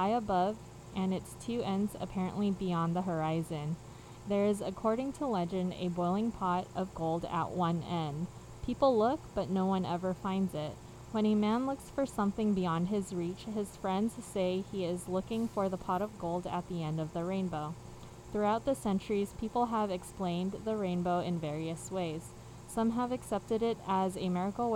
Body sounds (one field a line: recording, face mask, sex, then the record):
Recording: reading aloud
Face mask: surgical mask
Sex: female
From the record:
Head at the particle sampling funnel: facing it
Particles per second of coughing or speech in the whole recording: 0.0203